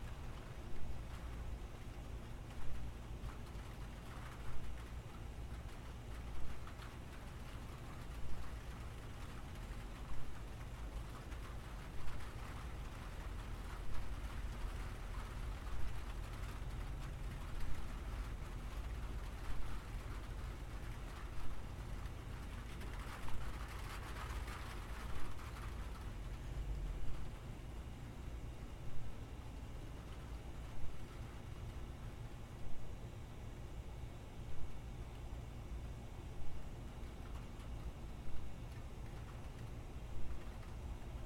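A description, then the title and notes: Gentle rain falls in a steady, dense hiss over a low rumble, with tinny taps landing at a regular beat about every two seconds throughout. Around the middle, a brighter swell of rattling rises briefly before settling back into the even patter. Gentle Rain and Tin Sounds.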